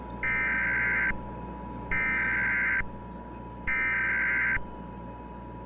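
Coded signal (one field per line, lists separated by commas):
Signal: Emergency Alert System (SAME) tones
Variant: header bursts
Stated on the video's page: Fictional EAS scenario; simulated alert heard on TV, not real.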